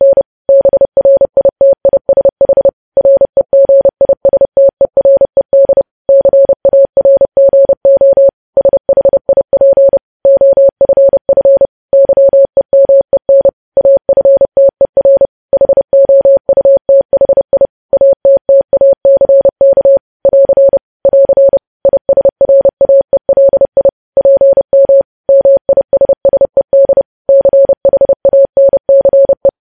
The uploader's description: Morse code